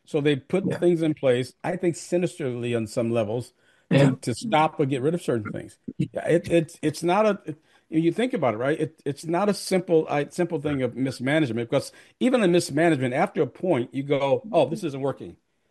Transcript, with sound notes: So they put things in place-
Yeah.
... I think sinisterly on some levels-
Yeah.
... to, to stop or get rid of certain things.
(laughs) Yeah.
It's, it's, it's not a... When you think about it, right, it's, it's not a simple, uh, simple thing of mismanagement because even a mismanagement after a point, you go, oh, this isn't working.